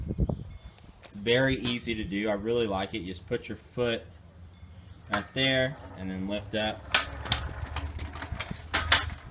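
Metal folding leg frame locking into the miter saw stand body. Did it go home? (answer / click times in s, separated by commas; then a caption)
yes / 8.9 s. A Delta folding rolling miter saw stand is folded up: a foot goes on the release lever and the stand is lifted while someone talks. The metal leg frame swings up with rattling and clanks, then locks into the stand body with a loud clack at 8.9 s, seated in place.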